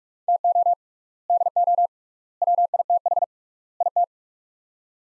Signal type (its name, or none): Morse code